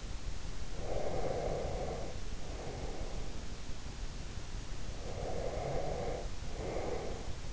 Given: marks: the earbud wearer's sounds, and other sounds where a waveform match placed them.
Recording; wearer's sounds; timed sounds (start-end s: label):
sounds in sleep by an in-ear microphone; breath
0.75-3.60 s: breath
4.87-7.53 s: breath